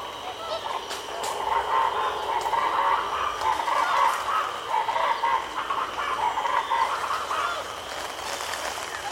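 Wedge-capped capuchin calls: a steady run of chattering notes through the whole stretch, over a constant high insect tone.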